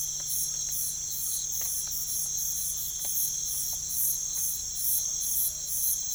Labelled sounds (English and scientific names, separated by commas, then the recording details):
none
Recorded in pastures near Puerto Asís, Putumayo, Colombia, on 21 December 2024 at 05:00
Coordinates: 0.487, -76.322
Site GP09